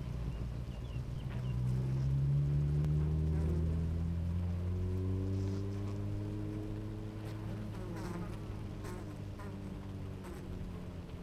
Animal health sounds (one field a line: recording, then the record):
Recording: honeybee colony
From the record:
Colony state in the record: active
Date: 28 July 2017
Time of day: 9:51